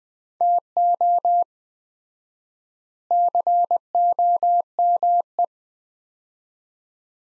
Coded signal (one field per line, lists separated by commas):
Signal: Morse code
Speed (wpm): 20 wpm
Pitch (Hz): 700 Hz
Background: none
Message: TO COME